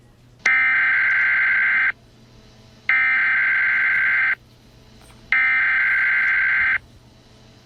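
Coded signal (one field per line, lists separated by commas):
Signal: Emergency Alert System (SAME) tones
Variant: header bursts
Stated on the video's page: Fictional EAS scenario based on a SpongeBob game, made for entertainment.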